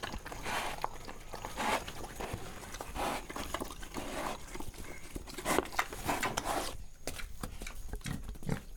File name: Pig Breathing